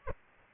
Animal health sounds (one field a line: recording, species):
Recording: mosquito wingbeat signal from an infrared sensor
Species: Aedes albopictus